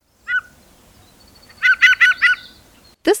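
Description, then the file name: Gray Jay calls: a short whistled note, then four quick clipped notes in a row, with a brief sharp sound at the end. "Gray Jay WXPR"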